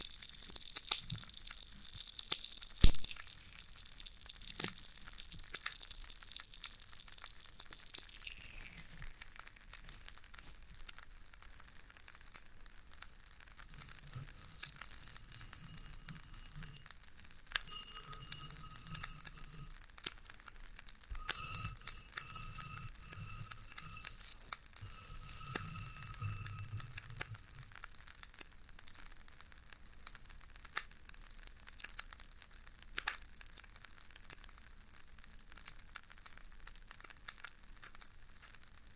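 Floral foam being pressed and crushed, giving a dense, steady crackle of fine crunching through the whole recording, with sharp snaps near 3 and 33 seconds. Between about 14 and 27 seconds, low thumps and a few brief faint tones sit under the crumbling.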